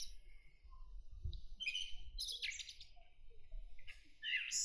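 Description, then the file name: Common blackbird song: short fluty notes mixed with high, scratchy twitters over a steady low rumble. "Turdus merula"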